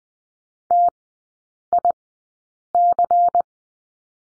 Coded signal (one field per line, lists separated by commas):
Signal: Morse code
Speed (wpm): 20 wpm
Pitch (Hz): 700 Hz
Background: none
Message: TIC